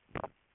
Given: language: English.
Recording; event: throat vibration sensor signal played as sound; swallow